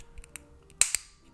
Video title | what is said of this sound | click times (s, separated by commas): THE MOST BRUTALLY HONEST REVIEW OF SONY'S NEW PROFFESIONAL CONTROLLER (DUALSENSE EDGE UNBOXING) | until it clicks so let's see if we can hear it | 0.8 s